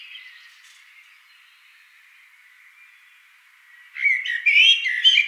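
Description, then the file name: Blackbird giving faint, subdued warbling for several seconds before a sudden loud phrase of squeaky, whistled and twittering notes near the end. "amsel"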